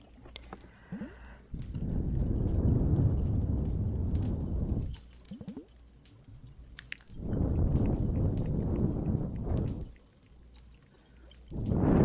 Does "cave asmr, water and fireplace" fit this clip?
yes